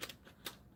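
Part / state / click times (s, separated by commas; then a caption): metal cutting die into plastic embossing folder / not seated / none. A hybrid metal cutting die is handled against a slot in a plastic embossing folder, giving a few small tapping hits, the sharpest at about 0.0 s, 0.1 s and 0.5 s. Nothing has seated or locked into place yet.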